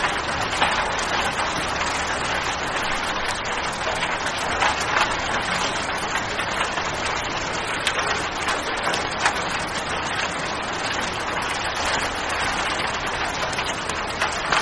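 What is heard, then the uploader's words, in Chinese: Rain falls steadily on a roof, a dense, even hiss of countless drops with no pauses across the whole stretch. Sharper individual taps stand out now and then, and a faint low rumble runs underneath, continuous throughout. 屋顶上的雨声。雷雨声。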